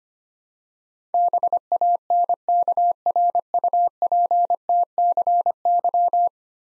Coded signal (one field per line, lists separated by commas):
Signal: Morse code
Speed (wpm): 25 wpm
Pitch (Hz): 700 Hz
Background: none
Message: BANKRUPTCY